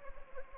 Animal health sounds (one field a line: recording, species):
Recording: mosquito wingbeat signal from an infrared sensor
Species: Anopheles gambiae